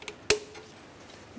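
The red plastic connector position lock on the starter signal wire connector of a 1994-2002 Dodge Ram 2500 is pressed down into place, with a few faint ticks at the start before a sharp, bright snap at 0.3 s. The lock is seated, and the clip ends in quiet.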